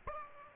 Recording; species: mosquito wingbeat signal from an infrared sensor; Aedes aegypti